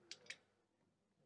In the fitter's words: hear a click in place and that's now in place and that's how you change your dice so